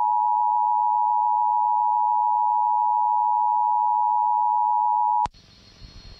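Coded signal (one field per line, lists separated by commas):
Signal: Emergency Alert System (SAME) tones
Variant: 853 and 960 Hz attention tone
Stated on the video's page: Required monthly tests from NWS Spokane, relayed from NOAA Weather Radio transmitters by an FM station; audio recorded from the station's online live stream.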